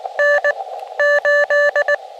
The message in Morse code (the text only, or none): N 8